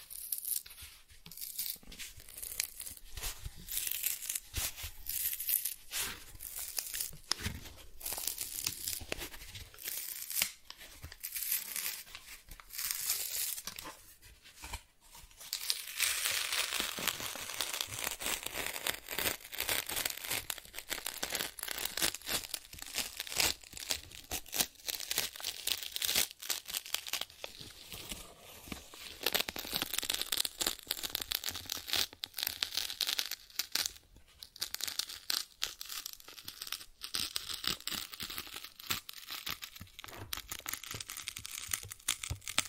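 Cardboard is scratched and torn in dense, irregular rasping bursts, growing busier and brighter after about fifteen seconds and continuing steadily to the end.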